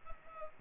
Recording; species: mosquito wingbeat signal from an infrared sensor; Culex pipiens